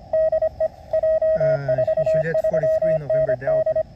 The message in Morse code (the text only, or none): DE J43ND